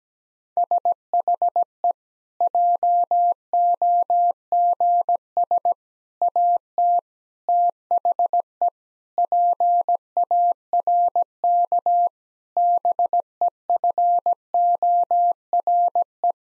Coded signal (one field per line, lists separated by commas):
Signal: Morse code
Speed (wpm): 17 wpm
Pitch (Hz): 700 Hz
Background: none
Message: SHE JOGS AT THE PARK BEFORE